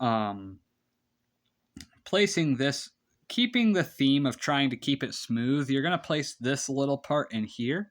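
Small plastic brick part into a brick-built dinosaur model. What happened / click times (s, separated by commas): The plastic part is handled but has not yet clicked into place / none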